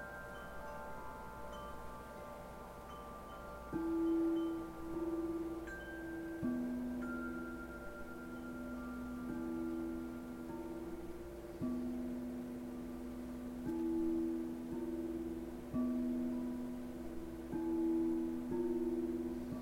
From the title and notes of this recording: LIVE CRYSTAL BOWL CONCERT. Full set single track recorded live at one of my crystal singing bowl concerts.